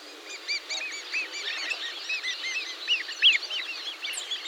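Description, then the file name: Bird calls: many overlapping arched chirps, a busy rapid chatter throughout. "SABIOD 50 bird 2015"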